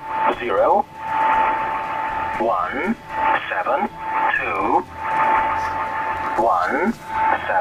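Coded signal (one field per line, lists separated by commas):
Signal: numbers station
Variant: Spanish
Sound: a voice reading short spaced words over shortwave hiss with a steady tone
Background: radio static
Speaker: facendoti sentire una delle trasmissioni spagnolo di una numbers station in questo modo avrei un'idea più chiara di quello di cui stiamo parlando ascolta bene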